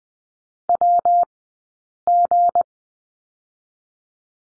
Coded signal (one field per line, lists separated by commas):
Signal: Morse code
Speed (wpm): 20 wpm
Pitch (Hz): 700 Hz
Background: none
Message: WG